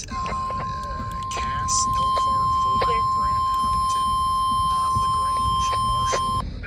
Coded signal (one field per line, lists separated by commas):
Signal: Emergency Alert System (SAME) tones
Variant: 1050 Hz attention tone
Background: speech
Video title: MAJOR OUTBREAK! | EAS 90-114 ITS FINALLY UPLOADED (EAS ALERTS FROM 3/30-4/2/25)